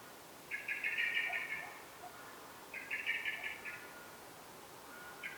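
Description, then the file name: Eurasian blackbird giving chattering calls: a long rattle, a shorter one after a pause, and the start of a third. "Turdus merula"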